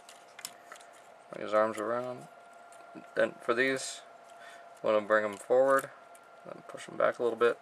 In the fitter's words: then bring down his whole assembly until you hear it click into place.